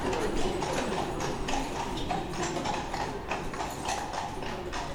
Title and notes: 3 Rue Saint-Réal, 73000 Chambéry, France - Voiture à chevaux. Place Métropole arrivée d'une voiture à chevaux , ambiance de la place puis départ, dans le froid